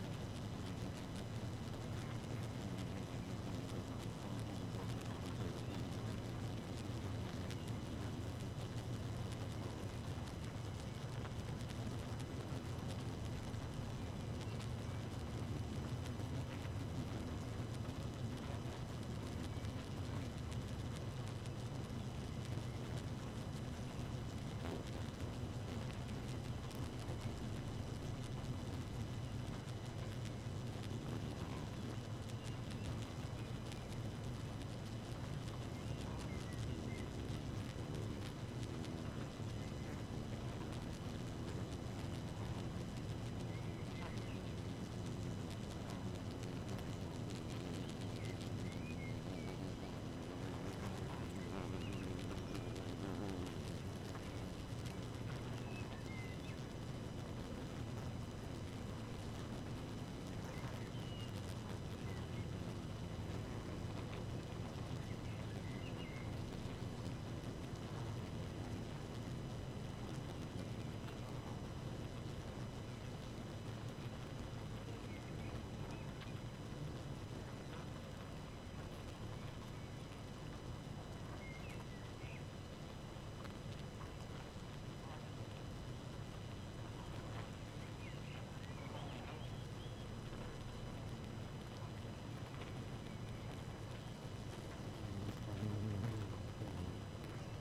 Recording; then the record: honeybee colony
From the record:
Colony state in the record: active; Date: 12 June 2018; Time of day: 2:57